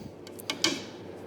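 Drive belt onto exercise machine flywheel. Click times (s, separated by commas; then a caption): 0.6 s. A rubber drive belt is held in place with a thumb while the exercise machine's flywheel is turned by hand, rolling the tight belt onto the wheel. Two faint ticks at 0.3 and 0.5 s lead up to a sharp, loud snap at 0.6 s as the belt drops into its groove on the flywheel. The belt is seated.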